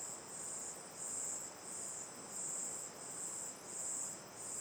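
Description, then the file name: Crickets give a high, buzzing trill in repeated swells, against a steady background hiss of running water. Night ambience facing the mouth of Terra Ronca 1 cave; crickets in chorus, river on the left; recorded with an A-B stereo microphone pair. "Ambiencia olhando para boca da caverna terra ronca 1 a noite, coro de cigarras e grilos, rio a esquerda, gravacao em ab"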